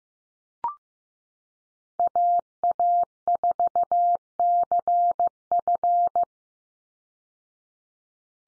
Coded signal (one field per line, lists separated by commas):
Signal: Morse code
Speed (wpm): 15 wpm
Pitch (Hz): 700 Hz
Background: none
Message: AA4CF